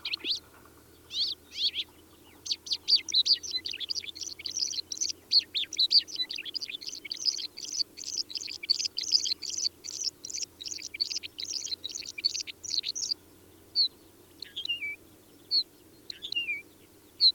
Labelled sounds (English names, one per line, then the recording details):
Mongolian Lark song
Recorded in the wild
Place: Chudjirt, MN
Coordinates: 47.013, 102.255
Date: 1979-06-06 20:35
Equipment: Nagra III BH, Sennheiser MD 21, parabola
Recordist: Schubert, Michael